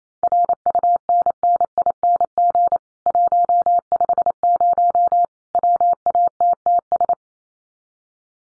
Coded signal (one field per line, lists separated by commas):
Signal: Morse code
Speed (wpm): 28 wpm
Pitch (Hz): 700 Hz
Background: none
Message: RUNNING 150 WATTS